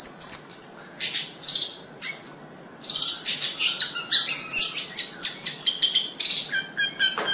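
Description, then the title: Bird song, high and rapid, opening with thin whistled notes and buzzy bursts, then a pause and a dense run of chattering and buzzy chirps. "Kicau Burung"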